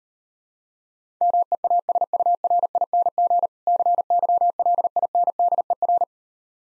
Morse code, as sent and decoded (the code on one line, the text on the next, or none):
-- . .- ... ..- .-. .. -. --. / -.-. -.-- .-.. .. -. -.. . .-.
MEASURING CYLINDER